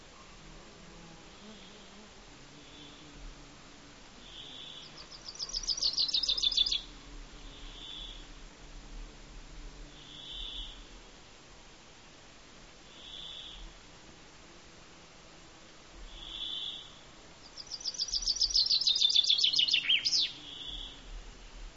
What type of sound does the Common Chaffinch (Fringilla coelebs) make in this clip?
song